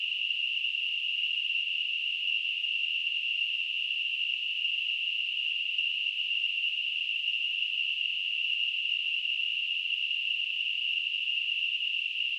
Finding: Tinnitus.